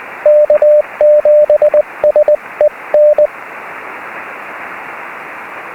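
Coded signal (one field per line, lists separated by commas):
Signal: Morse code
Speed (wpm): 20 wpm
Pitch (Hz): 600 Hz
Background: radio noise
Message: K7SEN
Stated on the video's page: Morse from a park activation at Anza-Borrego State Park (K-1126), from a restored recording.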